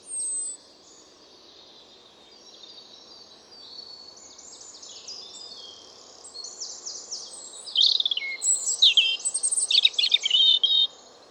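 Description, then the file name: European robin, a brief, thin high phrase opening, then a gradually swelling jumble of sweet, scratchy warbled notes building into a louder, rapid sequence. "Erithacus rubecula"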